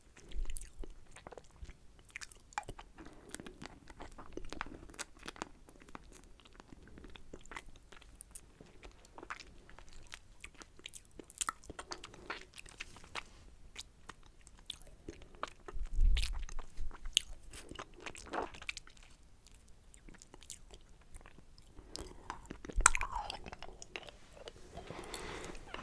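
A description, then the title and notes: Mouth sounds of someone working on a lollipop: wet clicks, smacks and crunchy bites come in quick irregular bursts throughout. Louder low thumps stand out around 16 and 23 seconds, and the sound is dry. ASMR Lollipop & Mouth Sounds.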